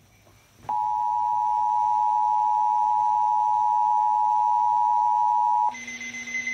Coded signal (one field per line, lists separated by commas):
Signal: Emergency Alert System (SAME) tones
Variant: 853 and 960 Hz attention tone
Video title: EAS 149 ENVIRONMENT CANADA RWT